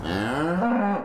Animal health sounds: contact call of a hoofed animal; cattle; low-frequency (closed-mouth) or high-frequency (open-mouth) call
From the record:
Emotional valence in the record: negative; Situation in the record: full separation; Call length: 1.05 s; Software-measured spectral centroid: 1490 Hz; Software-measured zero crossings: 1370 a second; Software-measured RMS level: -24 dBFS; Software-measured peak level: -13 dBFS

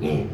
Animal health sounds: contact call of a hoofed animal; pig; closed-mouth grunt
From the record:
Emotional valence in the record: negative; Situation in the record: short social isolation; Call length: 0.34 s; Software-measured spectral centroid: 1470 Hz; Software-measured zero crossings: 710 a second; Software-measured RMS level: -24 dBFS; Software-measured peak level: -11 dBFS

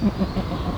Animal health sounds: contact call of a hoofed animal; goat; low-frequency (closed-mouth) or high-frequency (open-mouth) call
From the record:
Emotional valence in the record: negative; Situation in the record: short social isolation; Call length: 0.77 s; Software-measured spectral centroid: 1800 Hz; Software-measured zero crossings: 1240 a second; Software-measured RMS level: -23 dBFS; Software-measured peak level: -10 dBFS

